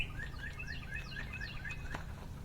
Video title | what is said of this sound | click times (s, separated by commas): Bobcat Excavator Stick Cylinder, Repair. | until it snaps into place | 2.0 s